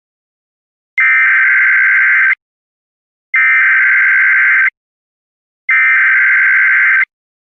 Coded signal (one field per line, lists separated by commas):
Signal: Emergency Alert System (SAME) tones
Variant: header bursts